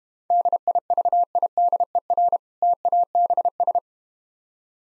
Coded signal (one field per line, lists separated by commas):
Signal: Morse code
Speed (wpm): 31 wpm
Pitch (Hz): 700 Hz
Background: none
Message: DIVIDER TABS